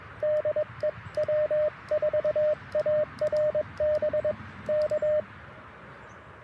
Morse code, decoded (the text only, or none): DE W4ARB K